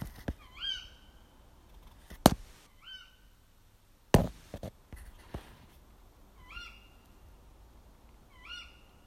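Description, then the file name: Bird calls, single rising upslurred whistled notes spaced a few seconds apart, interrupted by loud knocks and clattering. "fugl"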